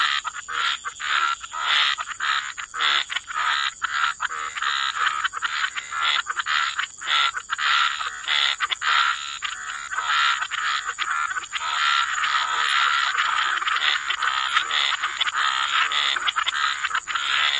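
Frogs croaking in a thick continuous chorus, rapid pulsed calls overlapping without pause over a constant high-pitched hiss.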